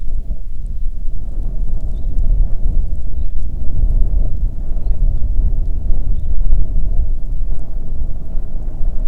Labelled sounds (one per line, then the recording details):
songbird
wind
rain
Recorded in the Arctic National Wildlife Refuge, Alaska, on 1 June 2019 at 12:06
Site 37